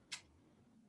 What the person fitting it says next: did you hear that click